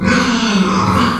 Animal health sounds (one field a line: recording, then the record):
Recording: squeal of a Yucatan mini pig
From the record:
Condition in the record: after surgery on the right vocal fold (resection and tissue-engineered implant)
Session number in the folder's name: 16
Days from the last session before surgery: 183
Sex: female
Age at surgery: 19 weeks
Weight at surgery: 25 kg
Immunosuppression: prednisolone